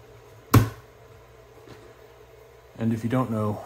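A cylindrical battery cell is popped into the holder on a battery board, making one loud, sharp snap at 0.5 s as it seats. After a quiet stretch, someone talks near the end.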